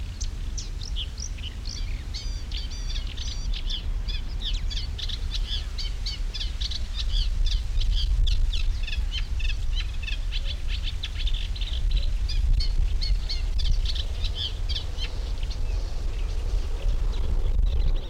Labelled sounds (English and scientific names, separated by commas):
Eurasian Reed Warbler (Acrocephalus scirpaceus)